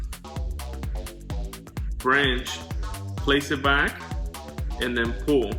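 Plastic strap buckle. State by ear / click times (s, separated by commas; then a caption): not seated / none. A strap is put back into the quick-release buckle of a plastic Arkon GoPro Quick Release Strap Mount camera mount and pulled once. Someone talks over background music with a steady beat. Nothing has clicked or seated yet when the clip ends.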